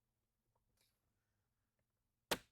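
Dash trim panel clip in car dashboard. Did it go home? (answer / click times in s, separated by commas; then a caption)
released / 2.3 s. A plastic dash trim panel in a Tesla Model 3/Y dashboard is pulled up from the passenger side to release its retaining clips. A few faint small sounds come first, then a sharp snap at 2.3 seconds as the clips let go. The panel is released.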